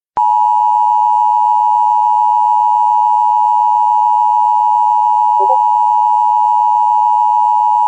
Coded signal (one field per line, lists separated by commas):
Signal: Emergency Alert System (SAME) tones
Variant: 853 and 960 Hz attention tone